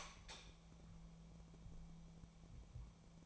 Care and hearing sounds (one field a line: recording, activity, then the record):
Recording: daily activity, microphone in the room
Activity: light on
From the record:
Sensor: 1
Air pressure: 1000.0 hPa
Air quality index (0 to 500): 131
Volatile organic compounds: 2 ppm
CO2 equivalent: 1239 ppm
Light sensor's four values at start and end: 32/82/34/42 and 36/97/39/47